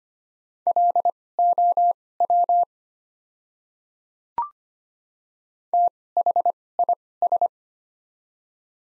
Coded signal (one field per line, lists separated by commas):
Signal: Morse code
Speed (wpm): 25 wpm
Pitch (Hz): 700 Hz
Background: none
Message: LOW THIS